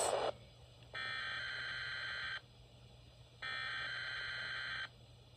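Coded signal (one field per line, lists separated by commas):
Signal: Emergency Alert System (SAME) tones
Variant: header bursts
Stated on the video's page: Self-activation of a Midland WR-100 NOAA weather radio.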